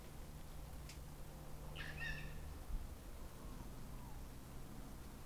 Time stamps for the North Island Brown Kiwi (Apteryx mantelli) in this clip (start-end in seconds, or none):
none